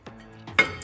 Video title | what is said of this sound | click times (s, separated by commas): Brake pad & rotor replacement (4 & 1 piston brakes) | tabs and it should just kind of click in place like so on the bottom | 0.6 s